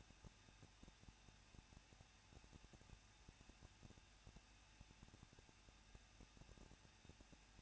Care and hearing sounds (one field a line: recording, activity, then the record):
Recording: daily activity, microphone in the room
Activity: no activity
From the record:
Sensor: 2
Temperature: 21.0 degrees Celsius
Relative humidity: 37.3%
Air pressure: 1006.2 hPa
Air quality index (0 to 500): 221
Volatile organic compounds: 24 ppm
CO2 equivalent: 2797 ppm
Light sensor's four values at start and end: 2/3/2/2 and 2/3/2/2